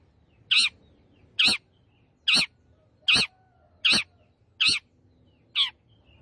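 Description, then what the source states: Long-tailed shrike calling with loud, scratchy squawks repeated seven times, close to once per second, over a faint low rumble. Called 'gacor', meaning singing lively.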